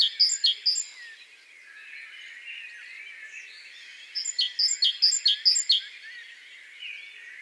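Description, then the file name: Great tit song in two bursts: a short run of ringing two-note phrases at the start, then a longer run of several after a pause, over constant background hiss. "Parus major"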